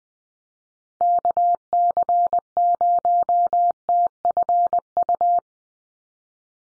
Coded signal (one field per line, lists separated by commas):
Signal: Morse code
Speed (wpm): 20 wpm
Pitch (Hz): 700 Hz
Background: none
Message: KC0TFU